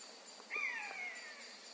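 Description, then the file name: Eurasian jay making a single drawn-out mewing whistle that slides downward and fades, with a soft insect hum behind it. "Garrulus glandarius"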